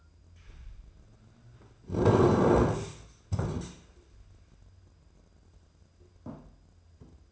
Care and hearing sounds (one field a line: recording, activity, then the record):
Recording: daily activity, microphone in the room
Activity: sit down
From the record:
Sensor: 2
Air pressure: 995.8 hPa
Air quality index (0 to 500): 243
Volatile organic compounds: 1000 ppm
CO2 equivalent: 6006 ppm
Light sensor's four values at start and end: 26/60/27/30 and 26/63/28/31